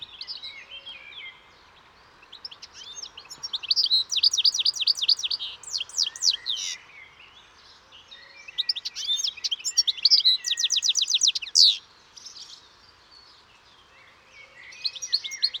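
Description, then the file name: European goldfinch song: long, jumbled outpourings of tinkling twitters and buzzy trills, with quieter gaps between the busier bursts. "Carduelis carduelis"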